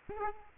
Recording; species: mosquito wingbeat signal from an infrared sensor; Aedes aegypti